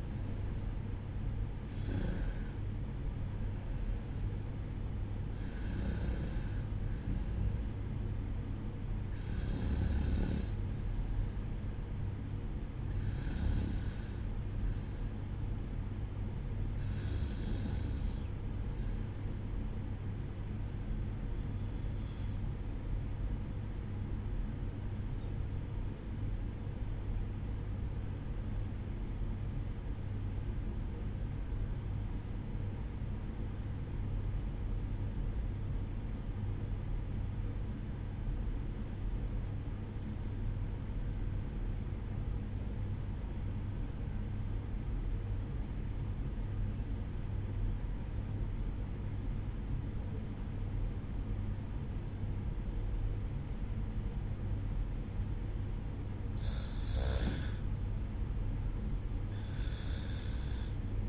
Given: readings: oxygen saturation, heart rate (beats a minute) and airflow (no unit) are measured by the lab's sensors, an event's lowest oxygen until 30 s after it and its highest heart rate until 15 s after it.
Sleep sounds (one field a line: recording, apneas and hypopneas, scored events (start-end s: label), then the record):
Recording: breathing in sleep by a smartphone at the bedside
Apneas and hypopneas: 1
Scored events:
20.00-56.10 s: obstructive apnea (REM, oxygen 96% highest, then 93% lowest, heart rate 60 at the start, 65 highest)
From the record:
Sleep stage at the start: REM sleep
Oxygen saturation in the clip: 93 to 96%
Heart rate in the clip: 59 to 66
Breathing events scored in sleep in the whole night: 305 in 9.6 hours asleep